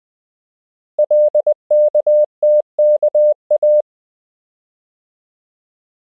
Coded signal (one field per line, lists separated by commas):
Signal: Morse code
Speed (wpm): 20 wpm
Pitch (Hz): 600 Hz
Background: none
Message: LKTKA